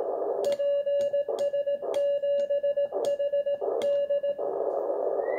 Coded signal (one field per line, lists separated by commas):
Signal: Morse code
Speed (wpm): 18 wpm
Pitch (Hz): 2850 Hz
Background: radio noise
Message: PS7HD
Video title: Tentando QSO QRP K1 5W PS7HD X PY6ML